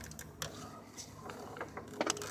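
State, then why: Not seated. A spark plug wire boot is handled over a spark plug in the engine of a Mercedes W210 during a spark plug replacement, with brief sharp handling sounds around 0.4, 2.0 and 2.1 seconds over a low background hum. The boot has not clicked onto the plug yet; nothing has seated.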